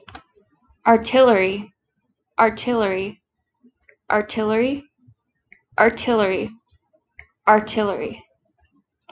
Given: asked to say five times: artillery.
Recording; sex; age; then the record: repeated word; female; 30 to 39 years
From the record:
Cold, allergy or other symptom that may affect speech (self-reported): no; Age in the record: 35 years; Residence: California, United States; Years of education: 16